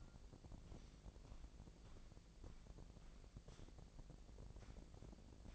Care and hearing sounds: daily activity, microphone in the room; walk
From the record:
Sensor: 5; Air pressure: 1012.3 hPa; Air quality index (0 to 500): 164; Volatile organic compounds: 2 ppm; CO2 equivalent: 1118 ppm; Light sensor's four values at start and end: 342/832/353/394 and 346/841/357/398

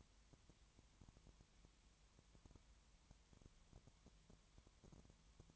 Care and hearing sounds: daily activity, microphone in the room; no activity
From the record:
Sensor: 3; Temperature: 20.5 degrees Celsius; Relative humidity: 33.0%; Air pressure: 1003.2 hPa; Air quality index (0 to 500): 105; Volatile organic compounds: 2 ppm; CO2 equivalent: 1068 ppm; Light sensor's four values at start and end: 2/3/2/2 and 2/3/2/2

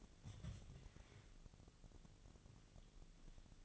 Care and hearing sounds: daily activity, microphone in the room; take from stove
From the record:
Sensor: 4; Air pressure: 1000.8 hPa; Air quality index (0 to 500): 124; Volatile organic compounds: 1 ppm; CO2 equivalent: 934 ppm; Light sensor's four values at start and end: 46/113/48/54 and 46/112/47/53

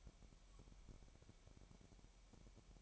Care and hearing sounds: daily activity, microphone in the room; take from stove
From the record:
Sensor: 1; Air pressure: 1012.1 hPa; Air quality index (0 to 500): 220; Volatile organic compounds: 5 ppm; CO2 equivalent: 1762 ppm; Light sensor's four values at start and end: 67/158/66/69 and 67/158/66/69

